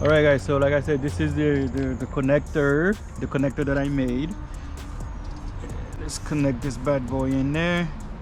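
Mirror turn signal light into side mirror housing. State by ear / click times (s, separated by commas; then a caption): not seated / none. A homemade connector is plugged in during handling of a sequential turn signal light for the side mirror housing cover of a 2020 Honda Accord, while someone talks over background music. Only handling sounds are heard, and the light has not yet been placed into the mirror housing, so nothing has seated or clicked yet.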